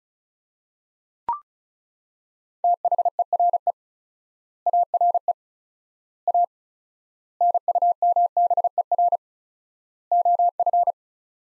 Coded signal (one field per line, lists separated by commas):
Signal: Morse code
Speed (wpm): 36 wpm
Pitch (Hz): 700 Hz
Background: none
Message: THERE ARE A NUMBER OF